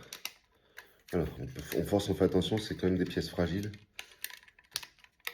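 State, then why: Seated. A small, fragile plastic trim piece is pushed firmly into the small holes at the front of an Altaya Optimus Prime die-cast and plastic robot model body while someone talks. Light plastic taps and ticks come before and after the talking, and the piece snaps into place with a sharp click at 4.8 s, seating correctly.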